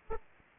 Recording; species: mosquito wingbeat signal from an infrared sensor; Aedes aegypti